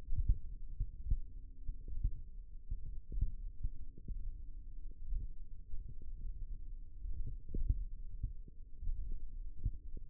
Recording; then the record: forearm muscle sounds (acoustic myography)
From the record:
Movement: thumb flexion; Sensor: system 1, eight BSWA MPA416 microphones around the upper forearm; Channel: 3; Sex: male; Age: 23 years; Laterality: right